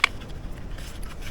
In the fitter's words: and once once it's down then it's locked into place